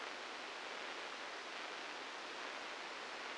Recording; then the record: brain microelectrode recording played as sound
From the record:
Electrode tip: outside the subthalamic nucleus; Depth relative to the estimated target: 3 mm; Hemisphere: right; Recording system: NeuroSet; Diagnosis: Parkinson's disease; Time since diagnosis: 15 years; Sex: female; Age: 59 years